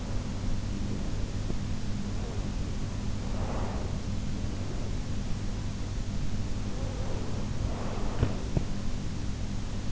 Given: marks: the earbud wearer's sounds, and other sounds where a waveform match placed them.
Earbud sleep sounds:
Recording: sounds in sleep by an in-ear microphone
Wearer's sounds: breath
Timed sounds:
0.00-1.75 s: breath
2.12-4.04 s: breath
6.80-8.64 s: breath

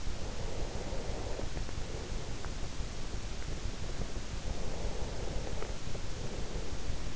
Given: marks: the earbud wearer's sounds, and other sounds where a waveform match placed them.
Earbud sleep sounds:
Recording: sounds in sleep by an in-ear microphone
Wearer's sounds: breath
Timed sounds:
0.24-3.11 s: breath
4.41-7.16 s: breath

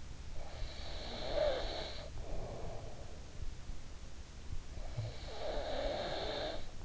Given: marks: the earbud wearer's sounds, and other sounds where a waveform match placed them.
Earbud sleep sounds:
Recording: sounds in sleep by an in-ear microphone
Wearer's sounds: snoring breath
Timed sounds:
0.31-3.27 s: snoring breath
4.28-6.84 s: snoring breath

